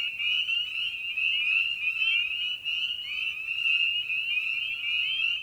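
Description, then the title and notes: Spring peepers in a dense chorus, many high, short upslurred peeps overlapping almost continuously, forming a steady shrill ringing throughout. Spring peeper song on an evening at a frog pond. "frog pond. evening. Spring Peeper (Pseudacris crucifer). by Ian Carlsen"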